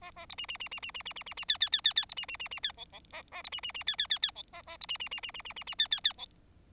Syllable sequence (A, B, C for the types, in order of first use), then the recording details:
A A B C C C C C C C C C C D D D D D B C C C C D E E A A B C C C D D D D E A A B C C C C C C C C D D D E. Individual Bird4